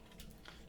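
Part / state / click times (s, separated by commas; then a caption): plastic arm section folding into the toy's body / seated / 0.5 s. The plastic cab/arm section on the second side of a transforming action figure is unhooked from a small post and folded up into the toy's body. Two soft clicks sound at about 0.2 s and 0.3 s, then a sharp click at 0.5 s as the section locks into place.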